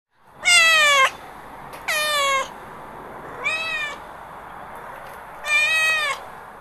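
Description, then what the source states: Domestic cat meowing, four drawn-out meows separated by pauses of under a second to about one and a half seconds. Domestic cat meowing loudly because it is hungry.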